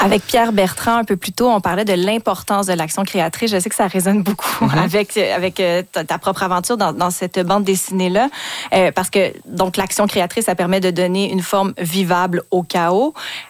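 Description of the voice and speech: An adult woman, a radio host conducting an interview, speaks French fluently at an ordinary pace and pitch, with typical pauses and a casual word repeat.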